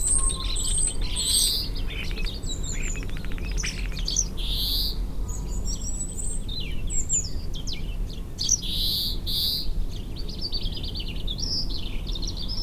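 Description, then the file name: European greenfinch twittering: high chirps, quick trills and drawn-out wheezy notes, with low rumbling noise throughout. "Chloris chloris"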